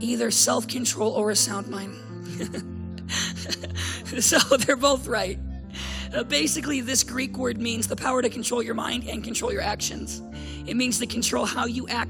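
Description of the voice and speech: Adult male speaking in continuous connected speech with a hoarse, dysphonic voice due to recurrent respiratory papillomatosis: HPV-related warts in the throat from childhood that closed off his airway, treated with 21 throat surgeries, leaving scar tissue wrapped around the vocal cords. The voice sounds manly and rough, like a 12-year-old who smoked cigarettes his whole life.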